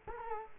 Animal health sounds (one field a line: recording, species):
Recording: mosquito wingbeat signal from an infrared sensor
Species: Culex quinquefasciatus